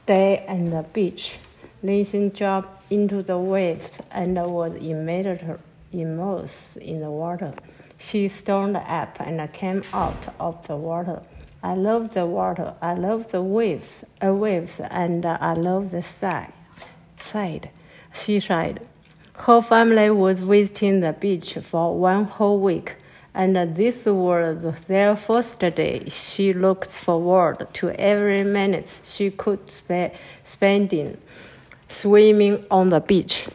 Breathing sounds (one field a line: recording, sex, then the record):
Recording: reading aloud after running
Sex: female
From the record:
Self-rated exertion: moderate exertion (3 of 6)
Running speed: 8 miles an hour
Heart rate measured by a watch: 114 beats a minute at the start, 110 at the end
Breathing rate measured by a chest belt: 17 breaths a minute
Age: 55 years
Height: 157 cm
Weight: 48 kg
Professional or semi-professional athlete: yes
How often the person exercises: every day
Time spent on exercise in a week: over 5 hours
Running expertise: yes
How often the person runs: 3 to 5 times a week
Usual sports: running, swimming, yoga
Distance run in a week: 40 miles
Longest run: 20 miles